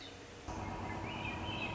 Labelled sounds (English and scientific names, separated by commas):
Swainson's Thrush (Catharus ustulatus)